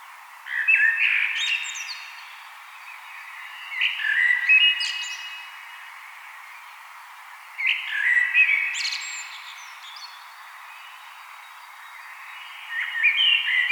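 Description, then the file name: Common blackbird singing four phrases, the last cut off, each a short mellow whistle topped by sharp high squeaks and twitters, with quiet pauses between them. "Turdus merula"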